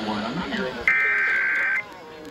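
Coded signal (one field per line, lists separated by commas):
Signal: Emergency Alert System (SAME) tones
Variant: header bursts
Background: speech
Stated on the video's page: Required Monthly Test relayed by Fort Worth, Texas radio and TV stations on AM, FM, HD subchannels and TV.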